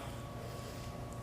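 A plastic top cap strip is handled over the cell openings of a motorcycle battery after acid has been added, with only steady low rumbling background noise and no distinct impacts. Nothing has seated or clicked yet.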